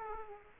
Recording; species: mosquito wingbeat signal from an infrared sensor; Aedes aegypti